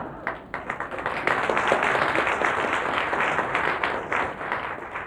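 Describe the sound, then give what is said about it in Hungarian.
A cabaret audience applauds steadily, a dense wash of many hands clapping that swells after the first second and holds at a fairly loud, even level with no voices on top. “Te nagyon tévedsz, nekem már 20 évvel ezelőtt is ugyanígy tapsoltak.”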